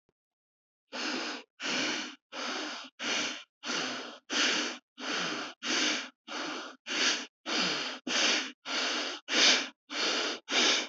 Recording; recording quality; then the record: shallow breathing; excellent, no background noise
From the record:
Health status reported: healthy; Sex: male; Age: 21 years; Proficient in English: yes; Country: India